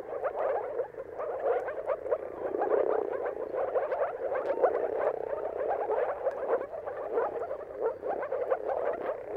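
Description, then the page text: Moor frog chorus of overlapping low, bubbling calls, steady throughout with gentle rises and falls. Moor frogs in a mating chorus at sunrise, heard at the turn of March and April depending on the weather. "Dawn’s Chorus: Mating Calls of Marsh Frogs at Sunrise. Depending on the weather at the turn of March and April, you can witness an amazing spectacle of moor frogs. Jakub Orzecki"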